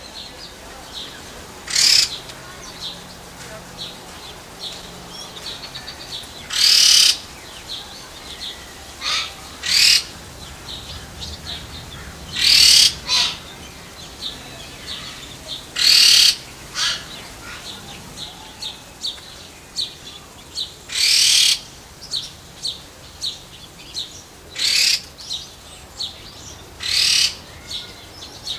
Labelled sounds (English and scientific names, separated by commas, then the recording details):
Red-tailed Laughingthrush (Trochalopteron milnei) call
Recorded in captivity
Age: adult
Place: Zoo Berlin, Berlin, DE
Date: 1999-07-28 16:58
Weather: fair, 24-26°C
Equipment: Sony WM-D6C, Sennheiser ME 80, Kopie Uher 4000 Report Monitor
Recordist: Tembrock, Günter